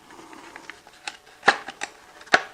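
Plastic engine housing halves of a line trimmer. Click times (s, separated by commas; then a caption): 1.5 s, 2.3 s. The plastic engine housing halves of a line trimmer are wiggled over a small ledge and pushed back together, with light plastic taps and rattles throughout. Two sharp, loud snaps at 1.5 s and 2.3 s mark the halves locking into place, seated nicely.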